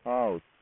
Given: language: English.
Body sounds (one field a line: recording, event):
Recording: throat vibration sensor signal played as sound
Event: speech